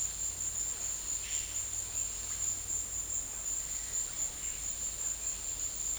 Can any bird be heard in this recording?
no